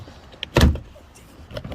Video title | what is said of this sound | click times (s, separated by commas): How to replace remove rear door handle 2002-06 nissan altima | hear that snap. | 0.4 s, 0.6 s